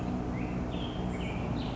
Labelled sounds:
Black-headed Grosbeak (Pheucticus melanocephalus)
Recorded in Sonoma County, California

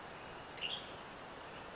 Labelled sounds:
Western Tanager (Piranga ludoviciana)
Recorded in Sonoma County, California

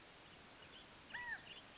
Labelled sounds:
California Quail (Callipepla californica)
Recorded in Sonoma County, California

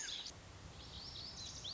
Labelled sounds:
Lazuli Bunting (Passerina amoena)
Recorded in Sonoma County, California

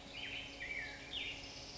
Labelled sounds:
Black-headed Grosbeak (Pheucticus melanocephalus)
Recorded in Sonoma County, California

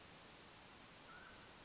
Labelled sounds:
Mountain Quail (Oreortyx pictus)
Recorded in Sonoma County, California

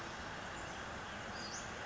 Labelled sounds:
Western Flycatcher (Empidonax difficilis)
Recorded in Sonoma County, California

